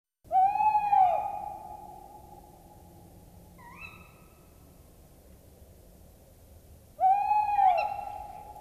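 Owl calls: three drawn-out, arched, wailing notes with rich harmonics, the first and last long and loud, a shorter fainter one between, over a quiet background.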